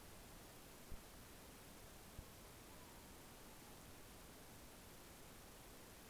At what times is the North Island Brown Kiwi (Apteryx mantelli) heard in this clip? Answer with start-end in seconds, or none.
none